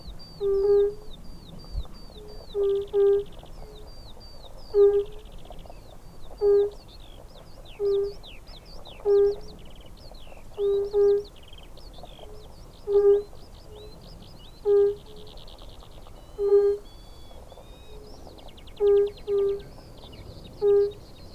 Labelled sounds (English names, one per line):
Fire-Bellied Toad call